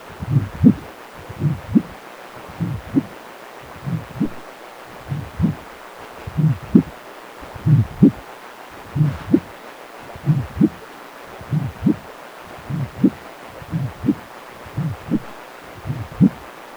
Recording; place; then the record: Doppler ultrasound of blood flow; precordium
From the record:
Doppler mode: continuous wave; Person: healthy adult, 18 to 50 years, no heart murmur, not diving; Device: 2.5 MHz transducer